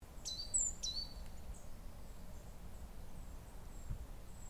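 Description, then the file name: Great tit call: a pair of quick, bright, high-pitched notes at the start, then faint thin high tones over a constant low background hum. "Parus major"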